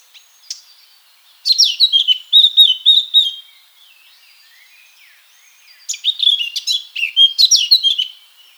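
Eurasian blackcap song: two bursts of quick warbling separated by a few seconds of soft, faint notes.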